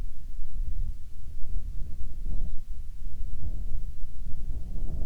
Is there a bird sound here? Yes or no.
no